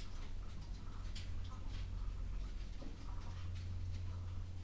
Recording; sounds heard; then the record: poultry house recording; sick chickens (respiratory disease)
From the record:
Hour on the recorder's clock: 11